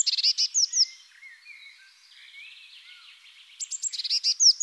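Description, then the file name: Eurasian blue tit chirping in quick high notes, then soft, lower twitters, then another burst of sharp calls. Recorded in the Netherlands. "MESANGE BLEUE hollande"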